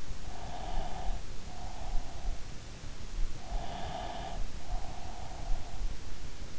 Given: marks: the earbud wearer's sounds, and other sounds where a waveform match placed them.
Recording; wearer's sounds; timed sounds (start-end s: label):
sounds in sleep by an in-ear microphone; breath
0.32-2.46 s: breath
3.47-5.93 s: breath